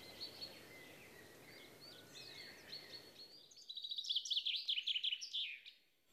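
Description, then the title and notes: Common Chaffinch song, a run of quick notes ending in a flourish, after a few seconds of hiss and faint bird calls. Females may choose a male partly because he sings loudly. "Peippo. Viikon luontoäänen esitteli Juha Laaksonen"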